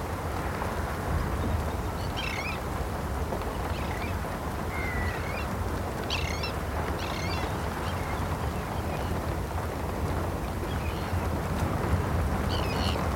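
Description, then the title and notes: Terns calling in scattered harsh, grating notes every second or two against a constant rumble of rain. Terns heard from inside a wooden bird hide while sheltering from autumn rain, RSPB Hodbarrow nature reserve, Cumbria. "listening to cries of terns from a bird hide at Hodbarrow, Cumbria. listen to the exotic cries of terns at RSPB Hodbarrow nature reserve in Cumbria. Recorded by Martin Maudsley"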